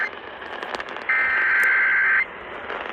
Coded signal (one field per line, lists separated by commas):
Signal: Emergency Alert System (SAME) tones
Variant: header bursts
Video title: EAS #2095 Flash Flood Warning on WTMJ